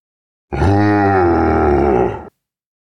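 A single deep, rough monster roar bursts in loudly and holds steady for nearly two seconds before cutting off abruptly, with no talking around it.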